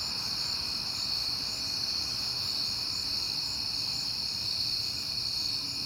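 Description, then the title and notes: High continuous cricket trilling in a dense chorus, with a faint low rumble in the background. Crickets heard often in September; recorded at night on a peaceful night. "Night Time: Crickets and Passing Cars. It is September and I have been hearing the crickets a lot"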